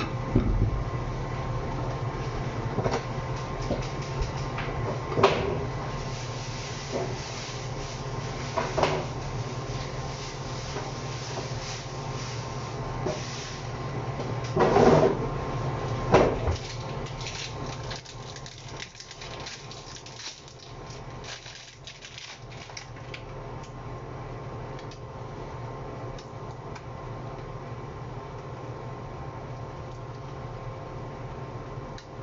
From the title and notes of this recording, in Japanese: 調理の音 鶏むね野菜炒め。キッチンでの物音をお送りします。主に鶏むね野菜炒め（一部卵とじ）を作っています。